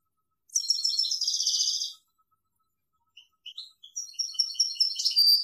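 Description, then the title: European goldfinch song: a dense buzzy twittering phrase, a pause, then scattered high chips building into fast tinkling notes. "Chant Chardonneret"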